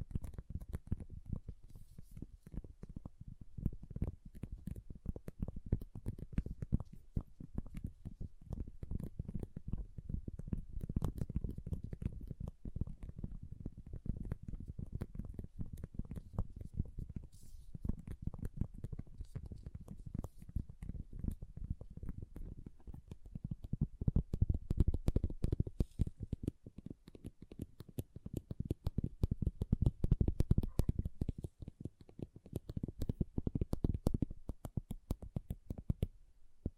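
Small plastic pixel art beads rattle and click continuously for the whole stretch, a dense patter of tiny ticks over a soft low rumble. The clatter swells in bursts around 10, 25 and 30 seconds, then thins briefly before picking up again.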